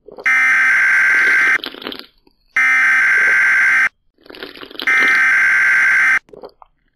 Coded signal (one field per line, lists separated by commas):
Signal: Emergency Alert System (SAME) tones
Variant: header bursts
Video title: BCOLTrainFan85 RBLX #38: Emergency Alert System